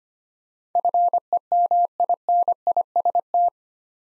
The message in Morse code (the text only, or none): FEMINIST